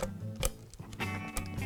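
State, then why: Not seated. A wah pedal in its mount is lined up and pressed toward the interlocking fastener tape on a pedalboard, making brief handling knocks and ticks over a steady tonal background, loudest at about 0.5 s and 1.4 s. Nothing has seated or snapped into place yet.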